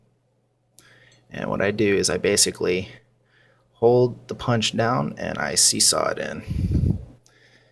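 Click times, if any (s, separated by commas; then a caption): none. An extractor is pressed into an FNH FNS-9 pistol slide with a plastic punch that is held down and seesawed in, while someone talks over faint handling noise. Nothing has seated or clicked into place yet.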